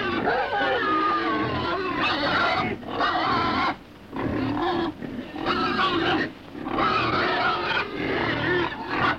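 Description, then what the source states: Pig grunting in long, harsh, rough bursts separated by short pauses. Grunting in a pen.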